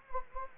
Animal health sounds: mosquito wingbeat signal from an infrared sensor; Anopheles gambiae

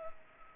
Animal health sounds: mosquito wingbeat signal from an infrared sensor; Culex pipiens

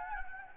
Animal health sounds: mosquito wingbeat signal from an infrared sensor; Anopheles gambiae

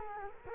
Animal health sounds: mosquito wingbeat signal from an infrared sensor; Culex quinquefasciatus

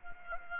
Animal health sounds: mosquito wingbeat signal from an infrared sensor; Aedes aegypti

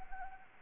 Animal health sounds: mosquito wingbeat signal from an infrared sensor; Anopheles arabiensis

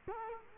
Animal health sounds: mosquito wingbeat signal from an infrared sensor; Culex quinquefasciatus

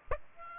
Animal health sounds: mosquito wingbeat signal from an infrared sensor; Aedes aegypti

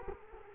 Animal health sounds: mosquito wingbeat signal from an infrared sensor; Culex quinquefasciatus

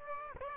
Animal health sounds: mosquito wingbeat signal from an infrared sensor; Aedes aegypti

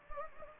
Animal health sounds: mosquito wingbeat signal from an infrared sensor; Anopheles gambiae

